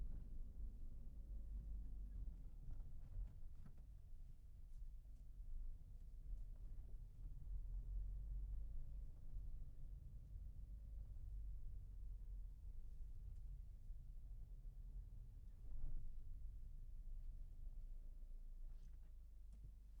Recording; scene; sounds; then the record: everyday scene through a hearing-aid microphone; in a vehicle; engine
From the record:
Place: Berlingo II, diesel engine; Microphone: behind the ear, left, front